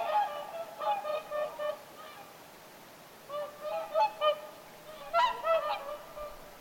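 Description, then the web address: Whooper swans honking in short series, clustered bugled notes separated by quiet gaps. Flock of whooper swans calling at Lintulahti on 6 November 2025. "6 11 2025 laulujoutsenten aantelya lintulahdella"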